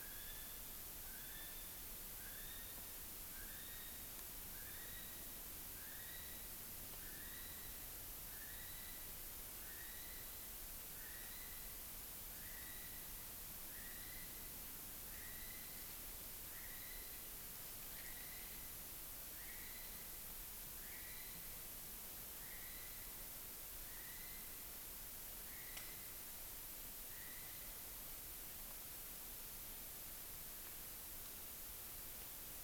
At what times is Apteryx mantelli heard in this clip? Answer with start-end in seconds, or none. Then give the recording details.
0.00-28.10. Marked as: faintness 3/5. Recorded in New Zealand on 16 June 2014. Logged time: 03:08